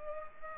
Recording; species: mosquito wingbeat signal from an infrared sensor; Culex pipiens